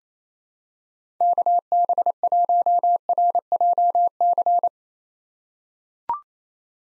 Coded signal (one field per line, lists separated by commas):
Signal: Morse code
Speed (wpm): 28 wpm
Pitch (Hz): 700 Hz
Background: none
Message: KB1RJC